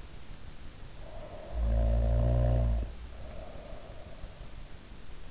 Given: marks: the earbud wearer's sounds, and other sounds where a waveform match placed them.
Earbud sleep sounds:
sounds in sleep by an in-ear microphone; snoring breath
1.03-4.46 s: snoring breath

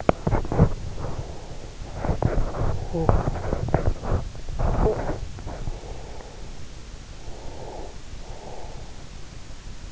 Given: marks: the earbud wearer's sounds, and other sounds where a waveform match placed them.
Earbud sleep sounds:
sounds in sleep by an in-ear microphone; teeth grinding, breath, talking in sleep
0.00-0.94 s: teeth grinding
0.94-1.79 s: breath
1.95-2.83 s: teeth grinding
2.83-3.12 s: talking in sleep
3.12-5.30 s: teeth grinding
5.30-6.63 s: breath
7.05-9.00 s: breath

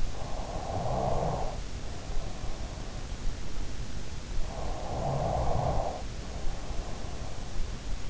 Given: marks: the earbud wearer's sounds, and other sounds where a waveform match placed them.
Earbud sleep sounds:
sounds in sleep by an in-ear microphone; snoring breath
0.00-2.88 s: snoring breath
3.70-7.73 s: snoring breath

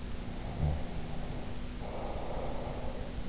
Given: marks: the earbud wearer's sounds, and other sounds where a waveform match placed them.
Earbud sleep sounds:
sounds in sleep by an in-ear microphone; snoring breath
0.14-3.29 s: snoring breath

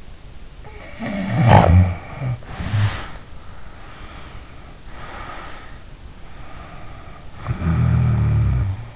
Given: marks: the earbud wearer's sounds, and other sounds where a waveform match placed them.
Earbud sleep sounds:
sounds in sleep by an in-ear microphone; snoring breath, breath
0.55-3.27 s: snoring breath
3.40-5.87 s: breath
6.26-8.96 s: snoring breath

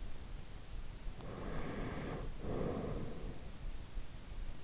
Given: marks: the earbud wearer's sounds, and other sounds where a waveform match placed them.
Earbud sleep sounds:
sounds in sleep by an in-ear microphone; breath
0.93-3.56 s: breath

